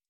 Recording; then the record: hydrophone in a shrimp aquaculture tank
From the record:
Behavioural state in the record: stressed